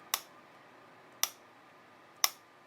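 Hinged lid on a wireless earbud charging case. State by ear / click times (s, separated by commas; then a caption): seated / 0.1 s, 1.2 s, 2.2 s. The hinged lid of a metal 1MORE True Wireless ANC earbud charging case is opened and closed, giving three sharp, bright clicks at 0.1, 1.2 and 2.2 seconds, each decaying quickly over a faint steady hiss. The lid clicks into place when open and clicks shut as well.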